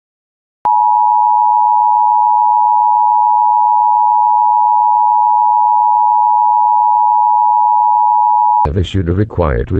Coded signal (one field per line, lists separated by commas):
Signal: Emergency Alert System (SAME) tones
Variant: 853 and 960 Hz attention tone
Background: speech